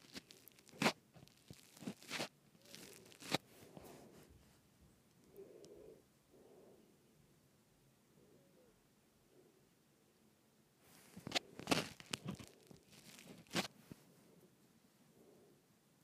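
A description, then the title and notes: Twisting a microphone brings sharp crackling and crunching bursts, scattered through the first four seconds and clustered again around eleven to fourteen seconds. Between them come quieter soft rubbing sounds and low muffled thumps, with a faint hiss underneath throughout. ASMR Twisting my Microphone.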